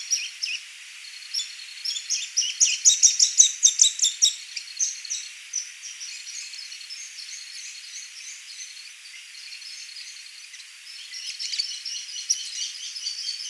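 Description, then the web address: Tiny hawk song: a quick series of high, sharp chirping notes, loudest early on, then fainter calls that pick up again near the end, over a hissy background. Song at Santa Rosa, 6 September 2002. "Accipitersuperciliosus Santa Rosa 6 SEP 02"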